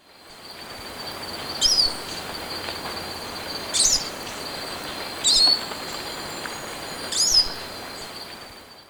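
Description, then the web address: Olivaceous siskin calls, four high sharp notes with falling tails, spaced roughly every two seconds, over a steady background hiss. Ecuador. "Natures Songs S America Birds of Ecuador Olivaceous Siskin"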